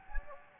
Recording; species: mosquito wingbeat signal from an infrared sensor; Anopheles gambiae